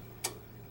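A round camera/strobe cable connector, lined up by its largest nub at the top, is pushed into the camera's LED socket. A single short, bright tick at 0.3 s rises sharply over a low steady hum as the connector seats and clicks into place.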